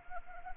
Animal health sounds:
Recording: mosquito wingbeat signal from an infrared sensor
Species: Anopheles arabiensis

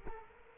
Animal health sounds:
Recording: mosquito wingbeat signal from an infrared sensor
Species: Culex quinquefasciatus

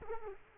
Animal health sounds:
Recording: mosquito wingbeat signal from an infrared sensor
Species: Culex quinquefasciatus

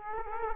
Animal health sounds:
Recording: mosquito wingbeat signal from an infrared sensor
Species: Culex quinquefasciatus

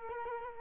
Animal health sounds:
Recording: mosquito wingbeat signal from an infrared sensor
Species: Culex quinquefasciatus

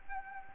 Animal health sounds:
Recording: mosquito wingbeat signal from an infrared sensor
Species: Anopheles gambiae

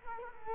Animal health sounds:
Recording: mosquito wingbeat signal from an infrared sensor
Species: Culex quinquefasciatus

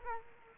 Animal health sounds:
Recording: mosquito wingbeat signal from an infrared sensor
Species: Culex quinquefasciatus

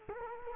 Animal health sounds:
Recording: mosquito wingbeat signal from an infrared sensor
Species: Culex quinquefasciatus

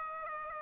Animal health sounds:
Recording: mosquito wingbeat signal from an infrared sensor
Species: Aedes aegypti

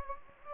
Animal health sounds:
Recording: mosquito wingbeat signal from an infrared sensor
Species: Anopheles gambiae

